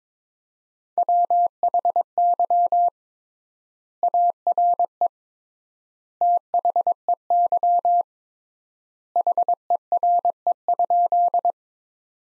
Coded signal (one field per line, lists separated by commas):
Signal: Morse code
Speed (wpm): 22 wpm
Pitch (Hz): 700 Hz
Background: none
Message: WHY ARE THEY HERE?